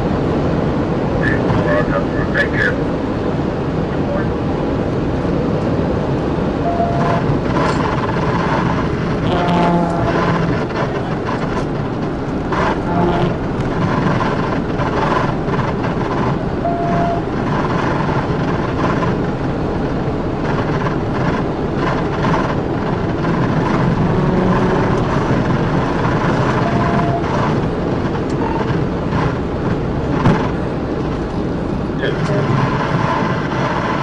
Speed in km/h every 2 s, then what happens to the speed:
214, 209, 209, 184, 172, 177, 184, 190, 192, 195, 198, 201, 201, 203, 179, 179, 153.
0-8 brakes to 172. 8-27 speeds up to 203. 27-34 brakes to 153.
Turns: none.